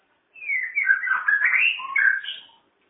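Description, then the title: Bird delivering one rich warbled phrase of about two seconds, mixing rising and falling whistles with quick chattering notes. Complete masteran bird song, a training song for cage birds. "Kicau Burung Masteran Lengkap"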